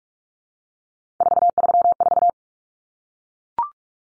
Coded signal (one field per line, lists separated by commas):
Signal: Morse code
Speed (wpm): 44 wpm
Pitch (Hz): 700 Hz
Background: none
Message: 434